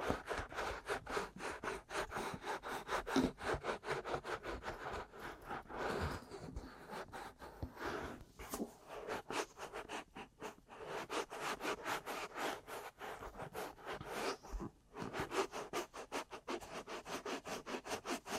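Ear massage and tapping, made of rapid, dense scratchy rubbing strokes with a steady, regular rhythm throughout. The bright scraping texture rarely pauses, with brief gaps around 8 and 15 seconds, and a few louder rubbing swells near 6 seconds.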